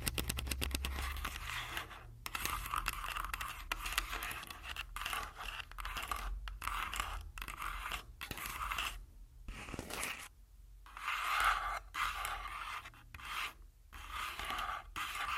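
Scratching and tapping on a body, with rough rasping strokes in quick bursts broken by short silent gaps. Rapid ticking taps fill the opening two seconds over a low thump, then dense scraping continues unevenly, growing louder and fuller around eleven to twelve seconds.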